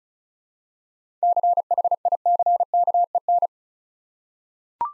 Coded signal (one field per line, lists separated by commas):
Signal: Morse code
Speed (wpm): 36 wpm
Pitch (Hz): 700 Hz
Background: none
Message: CHICKEN